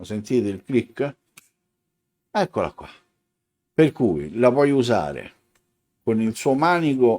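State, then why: Seated. A synthetic sharpening stone is pressed down onto its base holder and clicks into place with a single sharp tick at 1.4 s, leaving the stone seated. Someone talks before and after the click.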